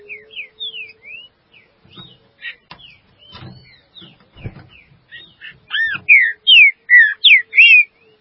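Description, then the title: Green-winged saltator sings soft whistled notes that swell into a loud, rapid run of clear slurred whistles, with some knocks in the middle. "Trinca Ferro"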